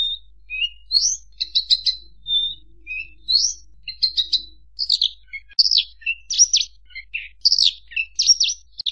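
Javan bush lark singing a varied run of whistled slurs, rising notes and buzzy trills, delivered in quick succession with brief pauses.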